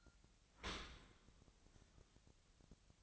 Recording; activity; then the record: daily activity, microphone in the room; open dishwasher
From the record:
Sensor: 3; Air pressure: 1003.0 hPa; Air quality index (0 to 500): 195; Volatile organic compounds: 6 ppm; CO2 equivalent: 1908 ppm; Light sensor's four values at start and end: 18/45/19/20 and 18/45/19/20